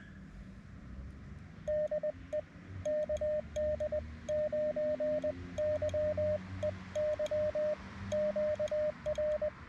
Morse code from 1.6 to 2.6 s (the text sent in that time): DE